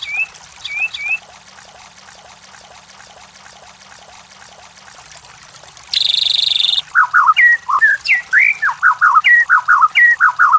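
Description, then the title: White-rumped shama song: a few whistled notes, several seconds of near silence, then a short buzzing trill and a lively run of varied whistled phrases. White-rumped shama song, used to train cage birds. "MURAI BATU LABAIK"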